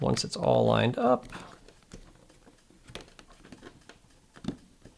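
Someone talks while handling a plastic adapter being lined up on the right ear cup of an A20 aviation headset, with its wire fed into its channel, for installation in a Skycowboy helmet. Faint handling ticks and rustles follow around 3.0, 3.2 and 4.5 seconds. The adapter has not snapped into place yet; nothing has seated.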